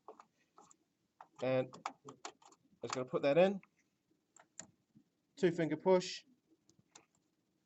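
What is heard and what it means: An 8 GB memory stick is being handled and lined up to be pushed into a motherboard DIMM slot with two fingers, whose retaining clips at the ends are meant to lock into place. Someone talks throughout, with a few faint, short handling ticks between the words. Nothing has seated or clicked yet.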